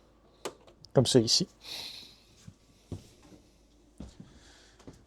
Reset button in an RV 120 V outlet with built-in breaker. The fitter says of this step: S'assurer que le bouton est bien enclenché comme ça.